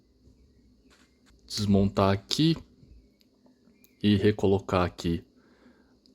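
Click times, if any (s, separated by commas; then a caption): 6.1 s. Someone talks while refitting the upper shin armor piece of a collectible action figure onto the figure's skeleton frame, with a few faint ticks in the pause. A short, sharp tick at 6.1 s marks the piece snapping into place, fitting perfectly and symmetrically.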